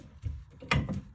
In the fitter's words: So you hear it kind of just snap.